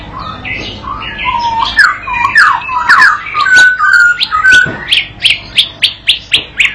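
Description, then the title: White-rumped shama song: rich warbled and whistled notes, then a run of sharp, evenly spaced high ticks toward the end. Training song for teaching a young bird to sing continuously. "MURAI BATU PAUD BELAJAR GACOR, AJARI DENGAN MASTERAN PANCINGAN INI"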